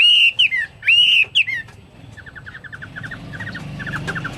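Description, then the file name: Chinese hwamei song: a few loud slurred whistles, then softer rapid repeated notes. "omkicau hwamei"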